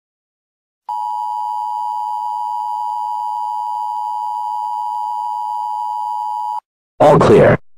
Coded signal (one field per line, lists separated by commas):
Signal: Emergency Alert System (SAME) tones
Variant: 853 and 960 Hz attention tone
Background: speech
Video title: EAS Scneario#8: Grave Digger Grim Part 2